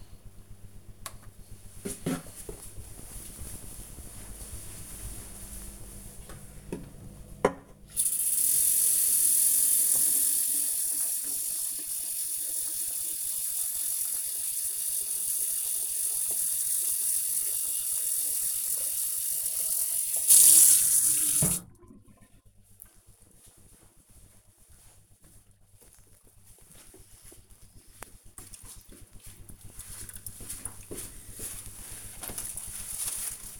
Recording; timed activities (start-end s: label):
household activities, microphone on the right wrist
0.73-33.60 s: watering plant